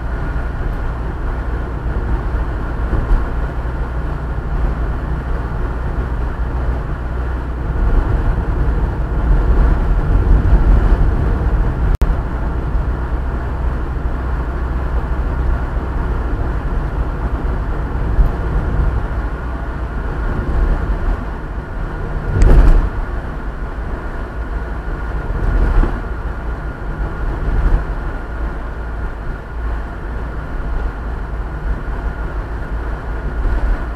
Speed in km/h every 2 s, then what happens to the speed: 47, 48, 48, 48, 48, 48, 49, 49, 50, 49, 51, 47, 45, 43, 45, 45, 45.
0-20 steady at about 48. 20-26 slows to 43. 26-34 steady at about 45.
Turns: none.